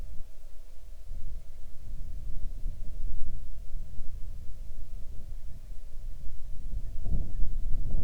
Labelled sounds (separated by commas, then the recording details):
bird, wind
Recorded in the Arctic National Wildlife Refuge, Alaska, on 6 July 2019 at 00:19
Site 39